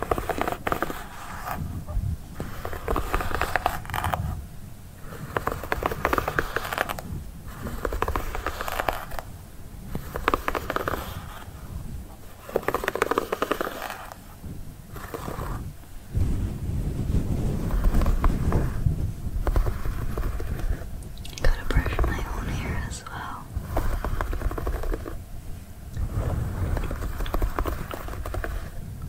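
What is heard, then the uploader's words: Invisible scratching forms a dense, rough, crackly rasp that comes in uneven bursts, broken by brief pauses every few seconds, with low rumbling underneath. Girl brushes your hair ASMR personal attention, invisible scratching, head massage.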